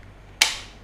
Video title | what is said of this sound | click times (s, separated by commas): Braised Pork Diaphragm หมูตุ๋นยาจีน นุ่มละลายในปาก ตุ๋นแค่ครึ่งชั่วโมง พร้อมคำนวณต้นทุน - เชฟขวัญ | นี้คือล็อคเรียบร้อยแล้วนะครับแต่ | 0.4 s